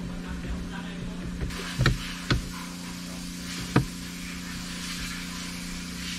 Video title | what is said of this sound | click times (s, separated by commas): WRX儀表與後座異音處理｜WRX DASHBOARD & REAR SEAT RATTLES FIXING | 就这么简单啦，就这样卡回去了。 | 1.9 s, 2.3 s, 3.8 s